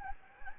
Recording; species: mosquito wingbeat signal from an infrared sensor; Anopheles gambiae